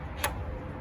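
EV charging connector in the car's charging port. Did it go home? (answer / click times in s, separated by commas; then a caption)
released / 0.2 s. The release button on an EV charging plug is pressed and the plug is pulled off the charge port of a 2019 Chevy Bolt EV. A small plastic latch click sounds at 0.2 s over a steady low background hum. The click means the connector is now unlocked.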